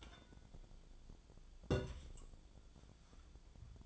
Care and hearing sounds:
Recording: daily activity, microphone in the room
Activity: take from stove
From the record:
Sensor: 5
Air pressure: 1010.0 hPa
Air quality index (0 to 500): 153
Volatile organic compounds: 3 ppm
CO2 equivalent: 1490 ppm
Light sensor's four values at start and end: 250/601/258/286 and 249/594/256/285

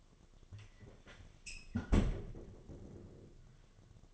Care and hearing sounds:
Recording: daily activity, microphone in the room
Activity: close fridge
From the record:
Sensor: 4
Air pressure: 1005.5 hPa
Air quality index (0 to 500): 175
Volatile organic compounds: 5 ppm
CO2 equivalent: 1724 ppm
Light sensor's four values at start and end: 5/11/4/4 and 6/13/5/4

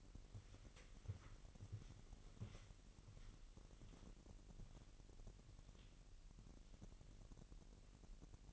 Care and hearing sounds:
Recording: daily activity, microphone in the room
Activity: walk to room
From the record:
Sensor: 4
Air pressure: 1002.9 hPa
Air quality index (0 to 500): 250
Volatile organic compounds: 11 ppm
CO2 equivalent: 2310 ppm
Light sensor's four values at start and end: 9/21/8/8 and 10/23/9/9

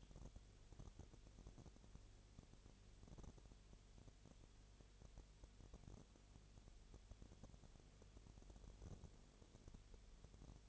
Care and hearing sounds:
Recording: daily activity, microphone in the room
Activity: no activity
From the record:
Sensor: 4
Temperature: 22.7 degrees Celsius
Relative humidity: 32.0%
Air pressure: 1008.1 hPa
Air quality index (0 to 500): 114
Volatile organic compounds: 2 ppm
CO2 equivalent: 1105 ppm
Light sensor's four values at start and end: 2/3/1/1 and 2/3/1/1

